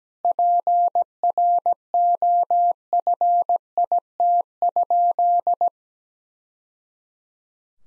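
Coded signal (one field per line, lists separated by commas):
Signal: Morse code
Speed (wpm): 17 wpm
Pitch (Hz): 700 Hz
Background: none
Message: PROFIT?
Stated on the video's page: Morse practice at 17 wpm, sentences built from the top 1000 words, each sent, spoken, then sent again for head-copy.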